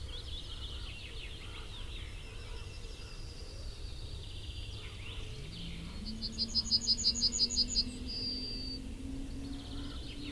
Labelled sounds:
Yellowhammer (Emberiza citrinella)

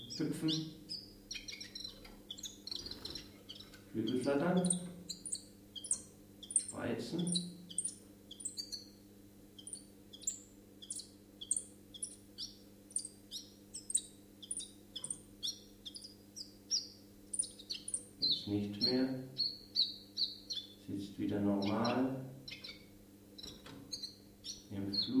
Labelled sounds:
Common Chiffchaff (Phylloscopus collybita) song

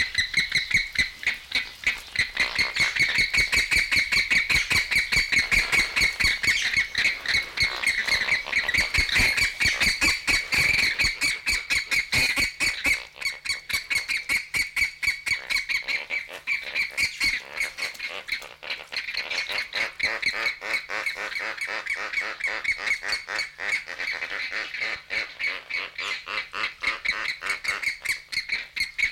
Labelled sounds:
Lesser Flamingo (Phoeniconaias minor)

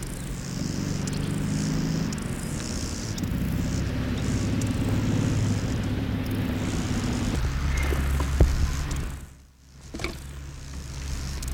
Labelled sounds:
Lesser Marsh Grasshopper (Chorthippus albomarginatus) stridulation

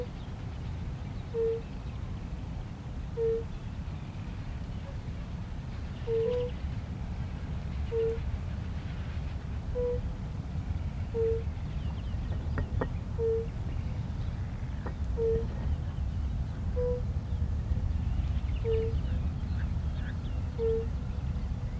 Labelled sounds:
Fire-Bellied Toad (Bombina bombina) call

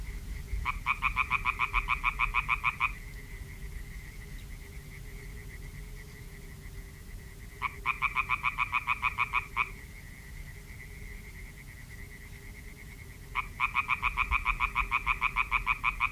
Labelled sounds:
Common Tree Frog (Hyla arborea) call

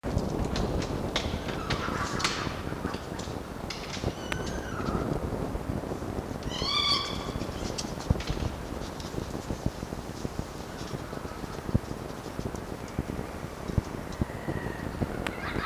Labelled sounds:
Red Fox (Vulpes vulpes)

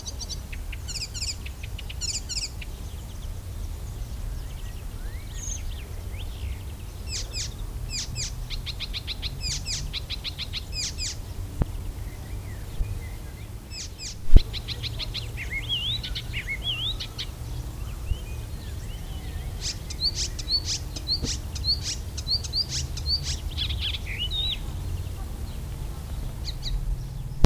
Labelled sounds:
Icterine Warbler (Hippolais icterina) song

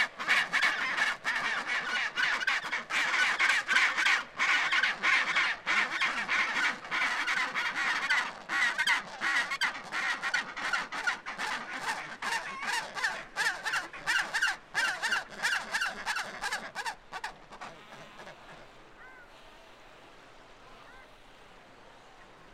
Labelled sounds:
Chinstrap Penguin (Pygoscelis antarcticus) call

